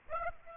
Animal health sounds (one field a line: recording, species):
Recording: mosquito wingbeat signal from an infrared sensor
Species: Aedes aegypti